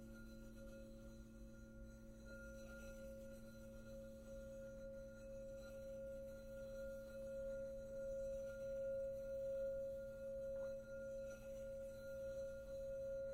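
A crystal singing bowl holds a steady, unbroken ring with a strong mid tone and faint higher overtones, swelling slightly in loudness toward the end.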